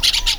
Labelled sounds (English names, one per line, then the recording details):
Brown-throated Parakeet contact call
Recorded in Venezuela
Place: Cerro Saroche, Hato Dalmatela, Edo. Lara
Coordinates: 10.149, -69.534